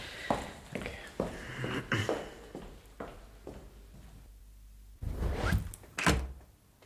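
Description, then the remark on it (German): A steady series of footsteps thuds along for several seconds, then a louder rattle and a heavy, solid thunk as a soundproof door swings shut. No voices. “Nein, die Tür ist absolut schalldicht, Madame.”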